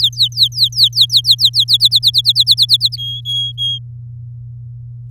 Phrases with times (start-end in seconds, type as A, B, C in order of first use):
0.00-1.64 A, 1.68-2.96 B, 2.97-3.79 C